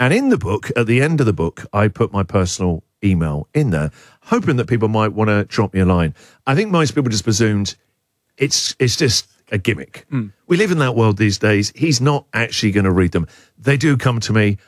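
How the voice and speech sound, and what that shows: A man, a radio host, talks fluently at an easy conversational pace with natural pauses; typical adult speech.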